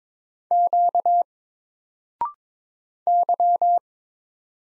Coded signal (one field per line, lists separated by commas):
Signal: Morse code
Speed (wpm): 21 wpm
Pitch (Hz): 700 Hz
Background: none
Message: Q Y